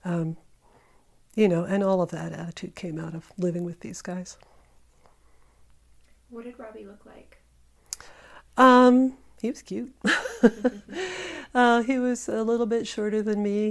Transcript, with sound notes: You know, and all of that attitude came out of living with these guys.
What did Robby look like?
Um, he was cute. [laughter] He was a little bit shorter than me.